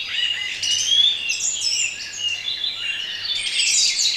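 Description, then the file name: Birds chirping and whistling together, a continuous tangle of high bright notes and short trills. Bird sounds for relaxation. "relaksacja odglosy ptakow"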